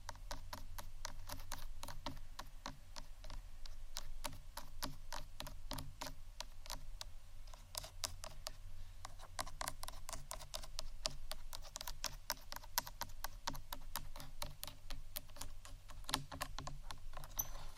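Soft tapping and scratching continues through the whole stretch: dense, quick, crisp clicks and taps, somewhat irregular but steady in pace. Faint scratchy friction fills the gaps, over a low, steady hum in the background.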